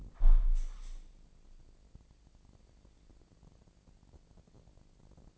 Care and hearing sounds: daily activity, microphone in the room; close window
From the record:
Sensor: 5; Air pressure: 1012.4 hPa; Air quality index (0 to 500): 160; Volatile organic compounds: 2 ppm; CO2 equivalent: 1088 ppm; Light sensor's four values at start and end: 111/268/113/126 and 111/268/113/126

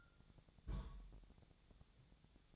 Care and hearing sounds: daily activity, microphone in the room; place on stove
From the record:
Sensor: 3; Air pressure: 999.3 hPa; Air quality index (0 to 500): 196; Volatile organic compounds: 43 ppm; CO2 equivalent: 3191 ppm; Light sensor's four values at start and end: 7/18/7/7 and 7/18/7/7

